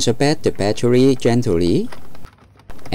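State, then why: Seated. A replacement lithium battery pack is pushed gently into the plastic body of a Dyson V8 cordless stick vacuum until it locks. Someone talks over the first two seconds, followed by a few faint small clicks and a louder click at 2.9 s as the battery pack seats into place.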